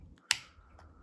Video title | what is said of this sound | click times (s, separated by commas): 2010 - 2020 Nissan Leaf Key Fob Battery Replacement - and Improvement! | driver right in there and rotate it, and we should hear a pop. | 0.3 s